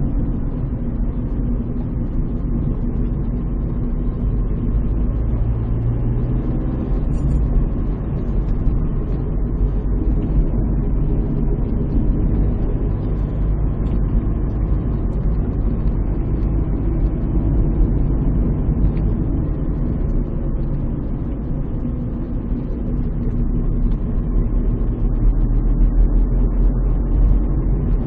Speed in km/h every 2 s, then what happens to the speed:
48, 43, 40, 42, 52, 53, 53, 55, 56, 52, 46, 37, 32, 42.
0-5 slows to 40. 5-8 speeds up to 52. 8-16 steady at about 53. 16-23 slows to 32. 25-28 speeds up to 42.